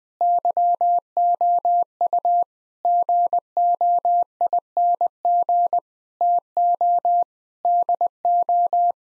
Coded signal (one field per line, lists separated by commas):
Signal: Morse code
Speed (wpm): 20 wpm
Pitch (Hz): 700 Hz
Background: none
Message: YOU GOING TO DO